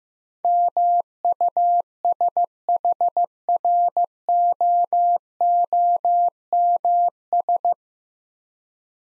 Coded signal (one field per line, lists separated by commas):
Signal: Morse code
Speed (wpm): 15 wpm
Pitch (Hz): 700 Hz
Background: none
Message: MUSHROOMS